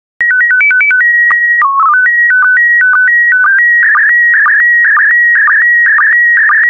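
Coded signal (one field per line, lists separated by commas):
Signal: SSTV (slow-scan television)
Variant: PD 120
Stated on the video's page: SSTV test images sent in PD120 format, a daily set of images for decoding practice.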